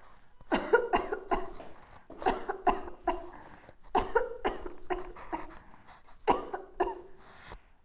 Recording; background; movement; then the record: voluntary coughing; quiet; sitting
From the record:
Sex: female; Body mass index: 18.8 kg/m2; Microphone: on the chest, facing outward